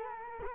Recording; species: mosquito wingbeat signal from an infrared sensor; Culex quinquefasciatus